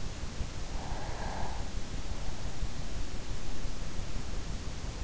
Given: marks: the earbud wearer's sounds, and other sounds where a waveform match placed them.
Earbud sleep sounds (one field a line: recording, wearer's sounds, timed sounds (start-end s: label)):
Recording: sounds in sleep by an in-ear microphone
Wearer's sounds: breath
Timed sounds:
0.46-2.12 s: breath